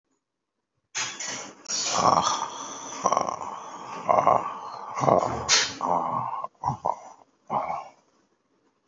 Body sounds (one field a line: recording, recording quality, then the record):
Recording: sustained vowel as in made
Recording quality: excellent, no background noise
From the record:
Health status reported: healthy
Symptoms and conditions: none ticked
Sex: male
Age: 52 years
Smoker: not ticked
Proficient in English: yes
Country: India